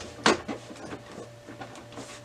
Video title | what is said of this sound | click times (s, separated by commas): Lexmark C2535 - Onyx Imaging - Tulsa Printer Repair - Replace Waste Toner Bottle | until it clicks into place | 0.3 s